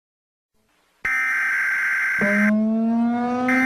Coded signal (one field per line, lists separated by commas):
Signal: Emergency Alert System (SAME) tones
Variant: header bursts